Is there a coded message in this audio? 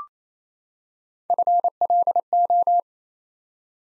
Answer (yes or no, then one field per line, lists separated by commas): yes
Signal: Morse code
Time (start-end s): 1.3-2.8 s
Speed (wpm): 29 wpm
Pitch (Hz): 700 Hz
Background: none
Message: FLO